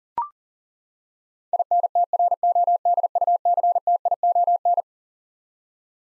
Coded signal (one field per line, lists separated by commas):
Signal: Morse code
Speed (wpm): 40 wpm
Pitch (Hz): 700 Hz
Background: none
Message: INTRODUCTION